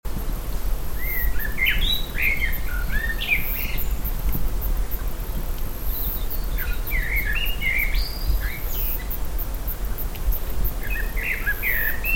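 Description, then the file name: Common blackbird song, warbling phrases of rounded whistles and higher chatter repeating at intervals, over heavy low-frequency background noise. "Turdus merula"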